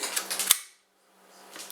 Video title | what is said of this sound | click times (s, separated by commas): AR-15 Complete Bolt Disassembly and Reassembly | You push till you hear a click. | 0.5 s